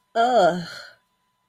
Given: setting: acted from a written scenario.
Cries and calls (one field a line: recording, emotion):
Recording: vocal sound without words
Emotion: disgust